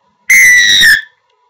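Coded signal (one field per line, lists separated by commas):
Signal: whistle signal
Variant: rugby referee whistle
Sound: one loud, shrill referee whistle blast lasting under a second, pitch dipping slightly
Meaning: A long, loud whistle awards a penalty kick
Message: 1 long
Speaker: low and loud whistle is used when you award a penalty kick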